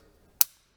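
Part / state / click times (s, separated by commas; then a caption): plastic terminal position lock into harness connector / seated / 0.4 s. A plastic terminal position lock is pushed into a harness connector during a 5th Gen RAM TRX passive entry install. After near silence, a single loud, sharp snap rings out at 0.4 s and fades quickly. The terminal lock is seated.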